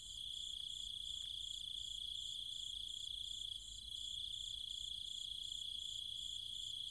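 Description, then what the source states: Cicada and insect chorus, continuous shrill hum with fast pulsed chirping above it and a couple of faint ticks early on. Cicadas and other insects calling at night in trees and fields of the countryside near Chiang Mai, Thailand.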